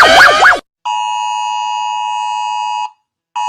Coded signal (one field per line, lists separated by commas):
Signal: Emergency Alert System (SAME) tones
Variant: 853 and 960 Hz attention tone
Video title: When EAS Alarms 1 (Read Desc)